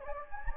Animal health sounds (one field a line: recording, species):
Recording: mosquito wingbeat signal from an infrared sensor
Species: Anopheles gambiae